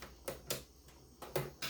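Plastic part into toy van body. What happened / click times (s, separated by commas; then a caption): The plastic part snapped in but did not seat fully / 0.5 s. A plastic part is pressed into a toy van body during customization, producing a series of sharp plastic clicks and snaps, with the strongest at 0.5 seconds. The part snaps in partway but does not seat fully home.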